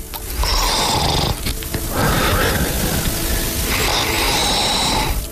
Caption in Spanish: Escuchemos cómo es el ronquido de un hombre cuya voz habéis escuchado durante muchos años. Cuando él está solo en su casa por la noche, su pareja. Su pareja escucha esto. Yo creo que debe ser más fuerte, pero es coqueto.